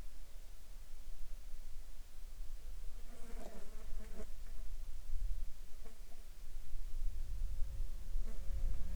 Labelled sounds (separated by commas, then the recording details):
insects
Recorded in the Arctic National Wildlife Refuge, Alaska, on 7 July 2019 at 20:48
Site 39